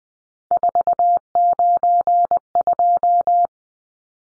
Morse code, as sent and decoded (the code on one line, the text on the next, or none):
....- ----. ..---
492